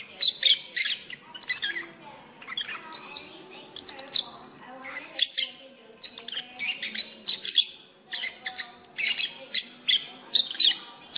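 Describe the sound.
Lovebird chirping steadily in shrill squeaks and chatter over a constant low background hum.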